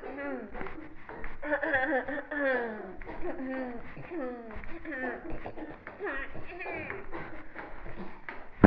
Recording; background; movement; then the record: throat clearing; a bystander coughing; walking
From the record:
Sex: female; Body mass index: 18.3 kg/m2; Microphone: on the chest, facing the body